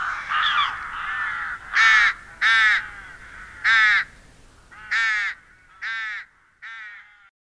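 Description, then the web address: Rook cawing: harsh, nasal caws about seven in all, spaced roughly half a second to a second apart, opening with a rougher, drawn-out call. "Madardalok Cd 2 Vetési varjú"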